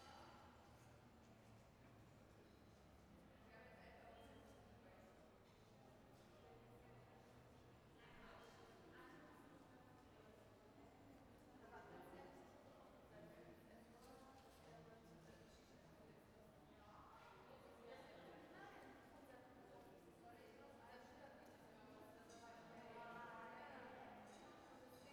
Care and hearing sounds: everyday scene through a hearing-aid microphone; reverberant space; background noise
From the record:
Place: railway station hall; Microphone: behind the ear, right, rear

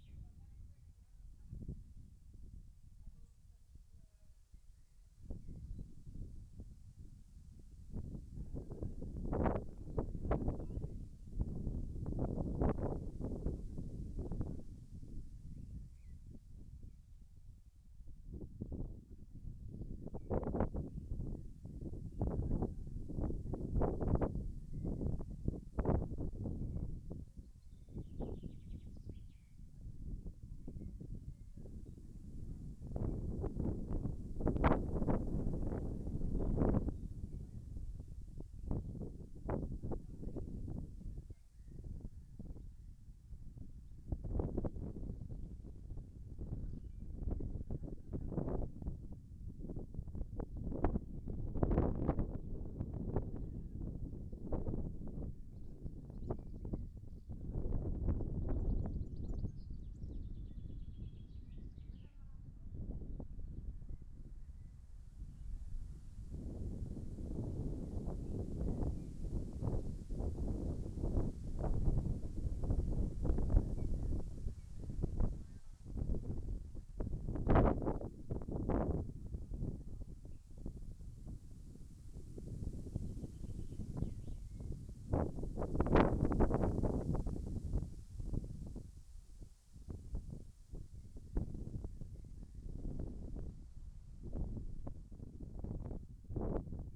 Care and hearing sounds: everyday scene through a hearing-aid microphone; wind on the microphone; wind, voices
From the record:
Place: in front of a rural house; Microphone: behind the ear, left, rear

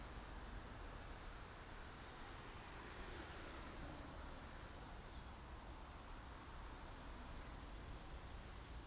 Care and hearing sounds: everyday scene through a hearing-aid microphone; in traffic; traffic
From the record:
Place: main city hub, rush hour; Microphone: in the ear canal, right

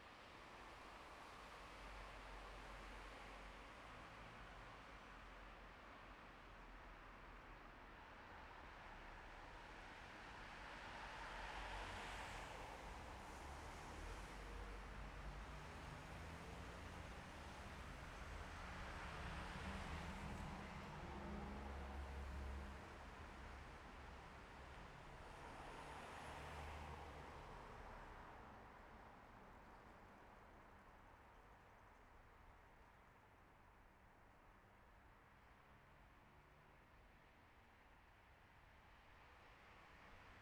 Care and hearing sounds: everyday scene through a hearing-aid microphone; in traffic; traffic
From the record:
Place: bus stop on a city main road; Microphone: behind the ear, left, front

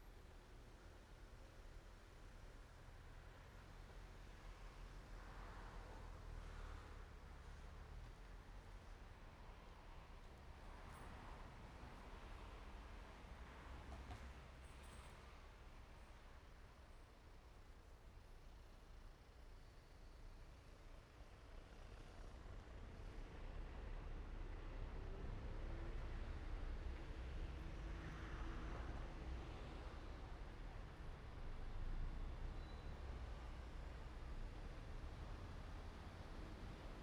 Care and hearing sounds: everyday scene through a hearing-aid microphone; in traffic; traffic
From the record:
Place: main road on the outskirts, rush hour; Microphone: behind the ear, right, rear

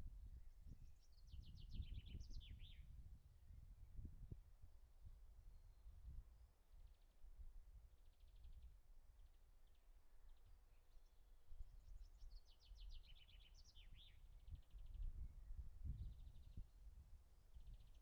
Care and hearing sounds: everyday scene through a hearing-aid microphone; wind on the microphone; wind, birds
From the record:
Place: in front of a rural house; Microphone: behind the ear, right, rear

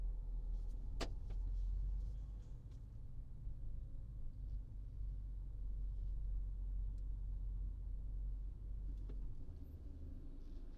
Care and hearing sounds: everyday scene through a hearing-aid microphone; in a vehicle; engine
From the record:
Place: Berlingo II, diesel engine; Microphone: in the ear canal, right

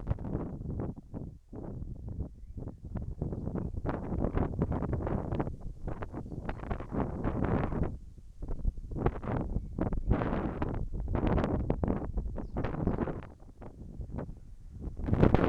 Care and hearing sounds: everyday scene through a hearing-aid microphone; wind on the microphone; wind, whistling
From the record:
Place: in front of a rural house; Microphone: behind the ear, left, front

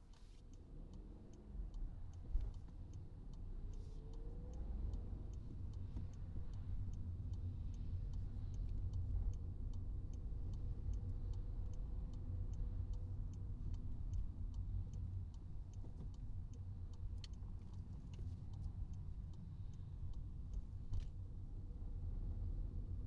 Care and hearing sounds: everyday scene through a hearing-aid microphone; in a vehicle; engine, highway traffic jam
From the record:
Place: Skoda Fabia, gasoline engine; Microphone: in the ear canal, right

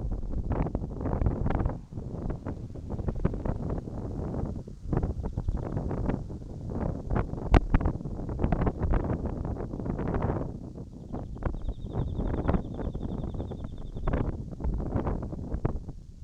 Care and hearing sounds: everyday scene through a hearing-aid microphone; wind on the microphone; wind, birds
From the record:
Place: in front of a rural house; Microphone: in the ear canal, right

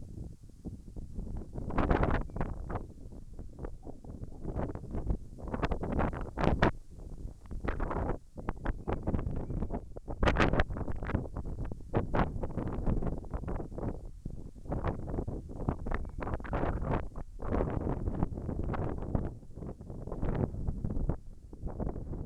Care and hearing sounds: everyday scene through a hearing-aid microphone; wind on the microphone; wind, whistling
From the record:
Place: in front of a rural house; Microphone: behind the ear, right, rear

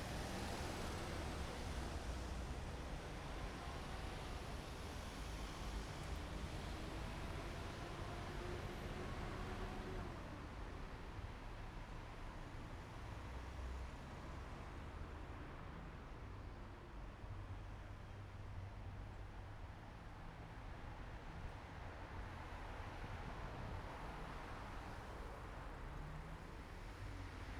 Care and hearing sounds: everyday scene through a hearing-aid microphone; in traffic; traffic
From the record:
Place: main city hub, rush hour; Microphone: behind the ear, right, rear

